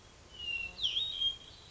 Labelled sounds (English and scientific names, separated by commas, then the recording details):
Hermit Thrush (Catharus guttatus)
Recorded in Sonoma County, California